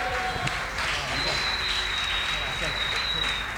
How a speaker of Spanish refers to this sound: así que lo vamos a felicitar con un fuerte aplauso.